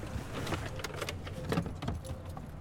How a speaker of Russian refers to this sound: Подъезжает белый фургон с Сафроновым, Ларой и Арисой. Останавливается. Сафронов ставит машину на ручник.